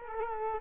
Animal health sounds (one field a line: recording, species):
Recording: mosquito wingbeat signal from an infrared sensor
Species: Culex quinquefasciatus